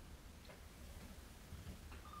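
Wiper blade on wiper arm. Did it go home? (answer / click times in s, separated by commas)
no / none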